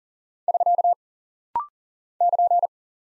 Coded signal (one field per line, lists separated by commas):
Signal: Morse code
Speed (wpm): 40 wpm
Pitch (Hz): 700 Hz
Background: none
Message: <SK> <KN>